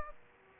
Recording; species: mosquito wingbeat signal from an infrared sensor; Aedes aegypti